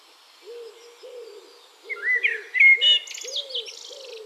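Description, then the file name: Eurasian blackbird phrase of clear whistles ending in high squeaky twitters, over a steady series of low repeated hooting notes. "Turdus merula"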